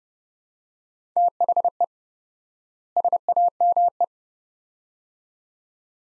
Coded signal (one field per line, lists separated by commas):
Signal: Morse code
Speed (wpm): 32 wpm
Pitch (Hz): 700 Hz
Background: none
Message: THE SAME